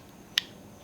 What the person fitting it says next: You hear it click.